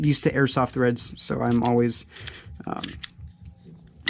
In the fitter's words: doing that but you can see here that it is clicking into place which is super cool